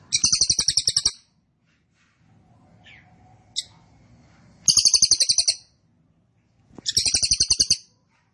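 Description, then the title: Cililin song: three bright, high, rattling trills, each about a second long and a dozen rapid notes, separated by pauses, the first with a few faint chips. Recording for training caged birds; song style called trorol konslet, described as gacor (singing very actively). "Cililin AMPUH 4. Cililin Trorol Konslet Gacor Banget"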